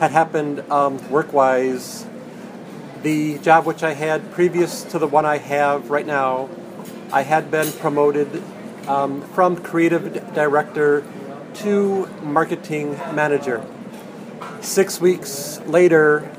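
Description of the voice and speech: An adult man speaking with a stutter, with drawn-out sounds and long pauses breaking up his phrases.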